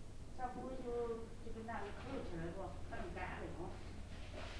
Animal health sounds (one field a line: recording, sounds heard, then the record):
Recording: poultry house recording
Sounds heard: no chicken sound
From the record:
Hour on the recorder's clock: 17